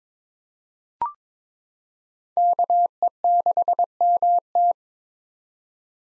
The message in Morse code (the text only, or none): KE6MT